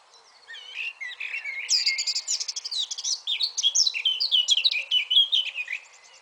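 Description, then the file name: Eurasian blackcap song: a quiet, scratchy warble that swells into a loud, fast run of varied fluty and chattering notes. "Sylvia atricapilla"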